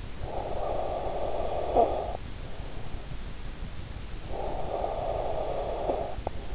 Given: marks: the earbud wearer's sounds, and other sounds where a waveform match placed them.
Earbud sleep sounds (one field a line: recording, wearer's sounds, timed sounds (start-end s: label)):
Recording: sounds in sleep by an in-ear microphone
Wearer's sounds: snoring breath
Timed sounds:
0.17-2.39 s: snoring breath
4.07-6.55 s: snoring breath